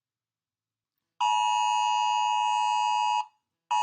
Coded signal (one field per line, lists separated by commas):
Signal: Emergency Alert System (SAME) tones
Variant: 853 and 960 Hz attention tone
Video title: Rating EAS alarms PT. 1